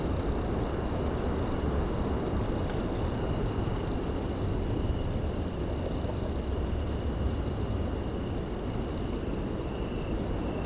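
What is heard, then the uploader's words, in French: Wind sweeps steadily through the tops of pine trees, a dense, deep rushing roar that holds an even level from start to finish. High above it, faint thin tones hover and come and go, like insects or birds in the evening air. Petit vent du soir. Plateau de Lesches en diois - Drôme - 19h15 - Nomad 6 pistes - mkh8020. Grosse chaleur dans l'après-midi qui a réveillé les vents thermiques de la vallée en contre-bas. Ce vent qui balaye le sommet des pins alors que doucement le jour nous quitte.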